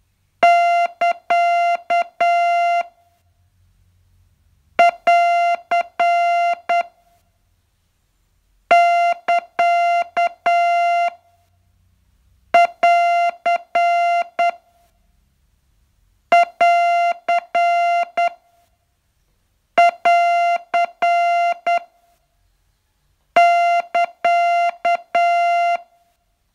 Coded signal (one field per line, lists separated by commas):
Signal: Morse code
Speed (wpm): 9 wpm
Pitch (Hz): 690 Hz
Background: music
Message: <KA> <AR> <KA> <AR> <AR> <AR> <KA>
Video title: Learn Morse in 42 Days from VU2LAU - day 40